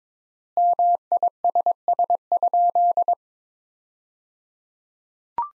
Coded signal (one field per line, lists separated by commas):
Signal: Morse code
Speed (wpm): 22 wpm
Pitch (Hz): 700 Hz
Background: none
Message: MISS?